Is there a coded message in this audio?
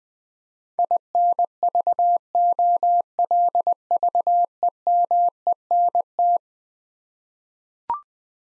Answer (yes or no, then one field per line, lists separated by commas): yes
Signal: Morse code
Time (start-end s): 0.8-6.4 s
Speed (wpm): 20 wpm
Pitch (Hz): 700 Hz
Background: none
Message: INVOLVEMENT